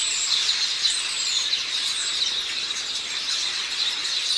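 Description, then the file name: House sparrow calls: quick chirps within a steady wash of many overlapping chirps. "Passer domesticus"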